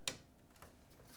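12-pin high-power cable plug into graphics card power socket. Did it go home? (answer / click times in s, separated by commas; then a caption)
yes / 0.1 s. A 12-pin high-power cable plug, routed through the case cut-out and lined up with the graphics card's power socket, is pushed in until it latches. A sharp, bright click sounds at 0.1 s, followed by a much fainter tick at about 0.6 s. The connector is seated.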